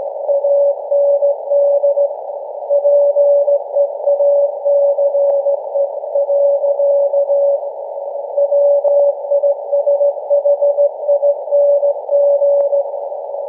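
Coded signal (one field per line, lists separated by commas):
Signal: Morse code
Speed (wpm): 16 wpm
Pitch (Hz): 570 Hz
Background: none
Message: AND PEACE. WISHING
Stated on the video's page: Annual Christmas Morse message from SAQ Grimeton's Alexanderson Alternator on 17.2 kHz VLF, received with RSP1A SDR and Miniwhip antenna.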